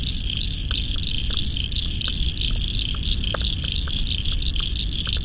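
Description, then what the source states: Frog chorus of rapid pulsed high calls, irregular clicks scattered through, and a constant deep roar beneath. Spring frog chorus at dusk beside the South Pacific Ocean, Royal National Park, Australia, November 2015.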